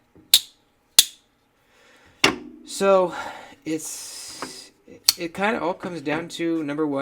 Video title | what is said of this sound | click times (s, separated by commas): 4 of the BEST Knives for EDC | Native 5, you get the really loud click. | 0.3 s, 1.0 s, 2.2 s